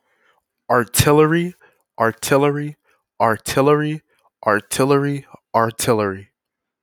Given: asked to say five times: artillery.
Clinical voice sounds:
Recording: repeated word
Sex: male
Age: 20 to 29 years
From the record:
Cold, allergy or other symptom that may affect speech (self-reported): no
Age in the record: 21 years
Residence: Texas, United States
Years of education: 15

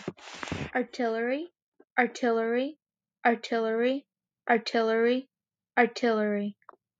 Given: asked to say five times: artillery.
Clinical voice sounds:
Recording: repeated word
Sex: male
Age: 20 to 29 years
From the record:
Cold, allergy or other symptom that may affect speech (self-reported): no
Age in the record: 21 years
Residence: Indiana, United States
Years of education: 13

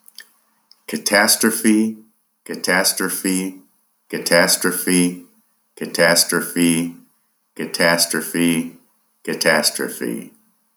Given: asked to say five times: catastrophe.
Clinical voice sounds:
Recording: repeated word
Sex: male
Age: 60 to 69 years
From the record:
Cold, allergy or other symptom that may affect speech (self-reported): no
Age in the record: 68 years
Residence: New Mexico, United States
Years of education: 19

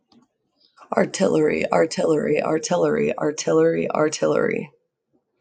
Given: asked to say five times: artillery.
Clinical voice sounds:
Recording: repeated word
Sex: female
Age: 20 to 29 years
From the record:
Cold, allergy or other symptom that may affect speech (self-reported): no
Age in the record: 26 years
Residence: Idaho, United States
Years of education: 16

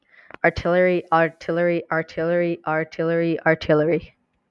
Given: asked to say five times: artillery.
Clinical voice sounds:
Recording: repeated word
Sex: male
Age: 20 to 29 years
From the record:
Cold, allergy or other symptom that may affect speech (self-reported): no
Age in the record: 25 years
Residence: Georgia, United States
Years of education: 21

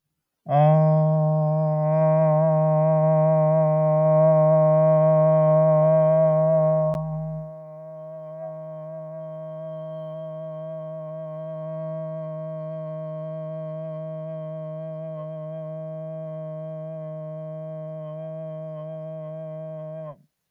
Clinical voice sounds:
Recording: vowel held as long as possible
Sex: male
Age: 50 to 59 years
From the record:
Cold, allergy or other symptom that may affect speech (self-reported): no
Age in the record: 57 years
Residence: North Carolina, United States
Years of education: 21

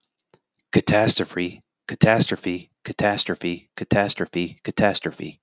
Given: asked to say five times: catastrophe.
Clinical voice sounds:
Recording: repeated word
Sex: male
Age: 40 to 49 years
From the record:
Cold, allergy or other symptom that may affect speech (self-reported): no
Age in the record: 47 years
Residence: Florida, United States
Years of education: 18

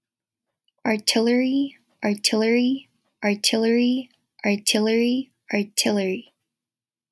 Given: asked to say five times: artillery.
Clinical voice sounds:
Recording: repeated word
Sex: female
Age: 20 to 29 years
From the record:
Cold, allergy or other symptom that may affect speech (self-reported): no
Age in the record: 21 years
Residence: New York, United States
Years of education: 12

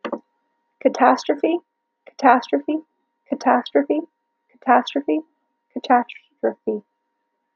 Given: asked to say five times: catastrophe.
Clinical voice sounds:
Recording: repeated word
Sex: female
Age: 20 to 29 years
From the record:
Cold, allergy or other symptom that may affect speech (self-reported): no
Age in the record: 24 years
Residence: Florida, United States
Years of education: 16

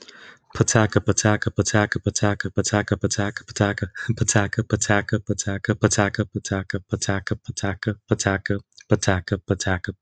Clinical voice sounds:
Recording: repeated syllables /pa ta ka/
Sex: male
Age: 20 to 29 years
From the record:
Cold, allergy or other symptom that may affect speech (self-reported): no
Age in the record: 29 years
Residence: Florida, United States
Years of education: 18

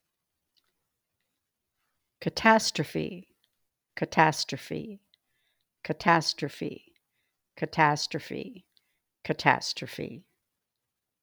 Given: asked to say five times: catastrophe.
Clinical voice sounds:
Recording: repeated word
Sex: female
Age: 70 to 79 years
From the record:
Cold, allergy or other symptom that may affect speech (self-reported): no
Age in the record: 77 years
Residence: South Carolina, United States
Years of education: 14

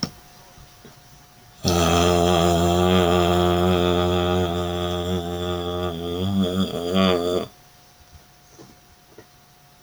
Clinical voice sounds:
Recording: vowel held as long as possible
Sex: male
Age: 30 to 39 years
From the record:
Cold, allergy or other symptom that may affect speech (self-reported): no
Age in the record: 35 years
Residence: Kentucky, United States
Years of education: 14

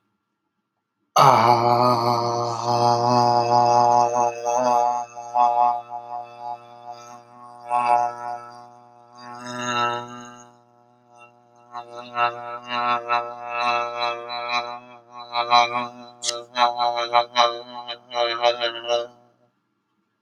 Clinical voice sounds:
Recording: vowel held as long as possible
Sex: male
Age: 30 to 39 years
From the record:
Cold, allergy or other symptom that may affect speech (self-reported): no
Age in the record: 32 years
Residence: United States

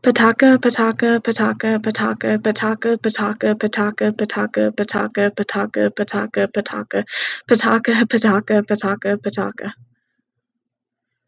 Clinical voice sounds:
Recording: repeated syllables /pa ta ka/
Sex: female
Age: 20 to 29 years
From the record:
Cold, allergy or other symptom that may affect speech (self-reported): yes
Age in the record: 29 years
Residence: Colorado, United States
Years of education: 12

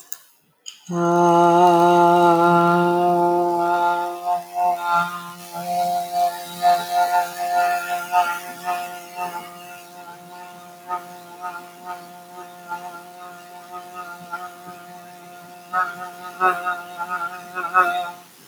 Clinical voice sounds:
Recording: vowel held as long as possible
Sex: female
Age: 30 to 39 years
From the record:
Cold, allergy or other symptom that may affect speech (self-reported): no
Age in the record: 30 years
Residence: Virginia, United States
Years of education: 16

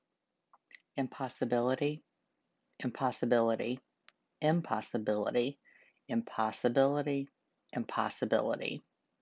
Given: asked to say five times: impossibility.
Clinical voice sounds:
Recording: repeated word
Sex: female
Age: 50 to 59 years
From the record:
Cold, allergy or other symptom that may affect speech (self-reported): no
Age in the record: 54 years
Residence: United States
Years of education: 17

